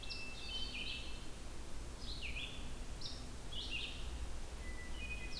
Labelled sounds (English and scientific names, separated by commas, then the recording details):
Red-eyed Vireo (Vireo olivaceus) song
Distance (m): 70 m
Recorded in boreal forest in Alberta, Canada, on 16 June 2016 at 07:00
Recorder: SongMeter 3, array SBT-3-32
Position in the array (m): 36 m, 9 m